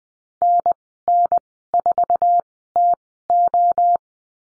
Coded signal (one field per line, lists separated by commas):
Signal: Morse code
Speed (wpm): 20 wpm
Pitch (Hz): 700 Hz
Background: none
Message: NN4TO